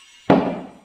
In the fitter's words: fill up the rim until you hear it uh pop